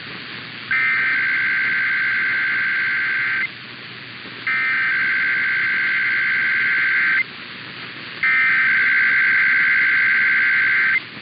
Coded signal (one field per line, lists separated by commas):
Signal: Emergency Alert System (SAME) tones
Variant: header bursts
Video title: Sacramento Required Monthly Test (EAS #897-904) 1/6/25